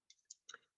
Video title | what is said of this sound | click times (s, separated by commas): Onboarding Video V2 SD 480p | right in there and then you'll click this down once you hear the click you know that you've got a good seal | 0.3 s